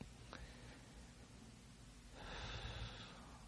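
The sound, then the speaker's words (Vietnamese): A soft, airy breath pushed out gently through the mouth while bowing down in prostration, lasting under a second after a brief click and a stretch of quiet, with no talking. “Và khi lạy xuống là mình thở nhẹ bằng miệng.”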